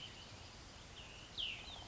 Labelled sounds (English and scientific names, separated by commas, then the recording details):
Cassin's Vireo (Vireo cassinii)
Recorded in Sonoma County, California